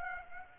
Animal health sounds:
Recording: mosquito wingbeat signal from an infrared sensor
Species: Aedes aegypti

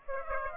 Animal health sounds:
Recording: mosquito wingbeat signal from an infrared sensor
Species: Aedes aegypti

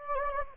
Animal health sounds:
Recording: mosquito wingbeat signal from an infrared sensor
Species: Anopheles gambiae

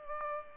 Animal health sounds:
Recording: mosquito wingbeat signal from an infrared sensor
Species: Culex pipiens

